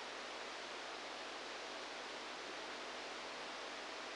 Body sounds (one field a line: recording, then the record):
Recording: brain microelectrode recording played as sound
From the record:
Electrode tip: outside the subthalamic nucleus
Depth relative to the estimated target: -4 mm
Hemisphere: left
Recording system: NeuroSet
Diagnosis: Parkinson's disease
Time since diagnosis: 10 years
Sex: male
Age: 63 years